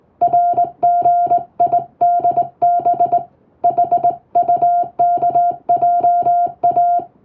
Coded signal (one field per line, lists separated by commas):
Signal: Morse code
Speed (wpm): 20 wpm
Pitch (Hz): 700 Hz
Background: music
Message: RGIDB HUKJA